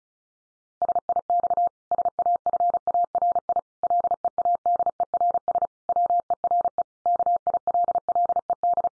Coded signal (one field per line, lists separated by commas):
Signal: Morse code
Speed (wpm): 34 wpm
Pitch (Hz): 700 Hz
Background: none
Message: SIX SAFARI LEADERS WERE KILLED